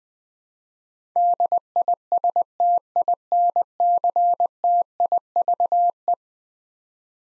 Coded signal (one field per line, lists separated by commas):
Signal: Morse code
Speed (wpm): 20 wpm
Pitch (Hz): 700 Hz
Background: none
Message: DISTINCTIVE